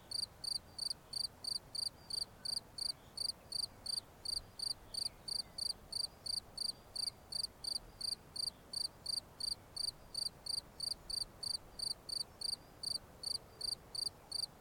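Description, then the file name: Cricket chirping continuously, sharp high chirps in quick even rhythm, close to three per second, soft hiss behind. "Grillons"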